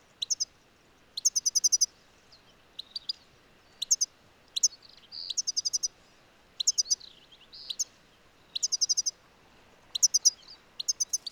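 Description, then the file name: European goldfinch calls: repeated short bursts of high, tinkling trills every second or so, with brief buzzy notes, against a constant background hiss. "Carduelis carduelis"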